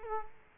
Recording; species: mosquito wingbeat signal from an infrared sensor; Culex quinquefasciatus